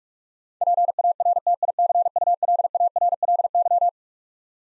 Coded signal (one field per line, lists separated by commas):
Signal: Morse code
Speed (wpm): 44 wpm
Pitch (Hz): 700 Hz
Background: none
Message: PARTICULARLY